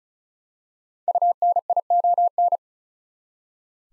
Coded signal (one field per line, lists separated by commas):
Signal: Morse code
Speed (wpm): 36 wpm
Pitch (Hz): 700 Hz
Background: none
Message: UNION